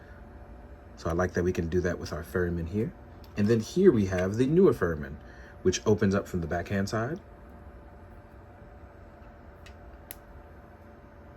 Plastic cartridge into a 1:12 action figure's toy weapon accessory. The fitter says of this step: And as you can see, you heard that click. There it is. That's how you know it's there.